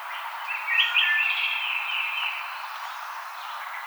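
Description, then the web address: Wood thrush: single liquid fluted phrase near the start, its tone carrying on and fading slowly. Recorded 5 May 2007. "Wood Thrush 2007 05 05"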